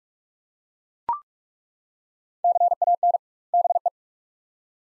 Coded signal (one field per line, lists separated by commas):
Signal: Morse code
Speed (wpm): 41 wpm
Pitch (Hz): 700 Hz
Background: none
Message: CAN BE